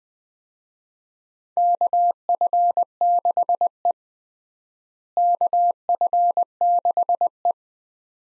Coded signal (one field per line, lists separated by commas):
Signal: Morse code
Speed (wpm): 20 wpm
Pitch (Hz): 700 Hz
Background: none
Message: KF6E KF6E